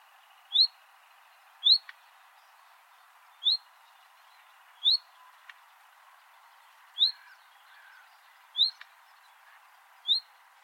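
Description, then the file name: Common nightingale repeating a quick rising whistle at irregular one- to two-second gaps, with a few faint ticks between notes. "Luscinia megarhynchos"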